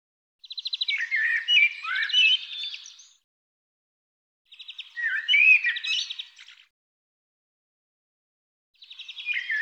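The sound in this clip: Bird song phrases repeated about every four seconds, starting with a rattling trill and breaking into varied whistled notes.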